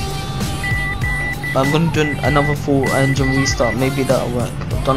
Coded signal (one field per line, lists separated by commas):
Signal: Morse code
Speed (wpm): 12 wpm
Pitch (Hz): 2000 Hz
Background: speech, music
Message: ZAG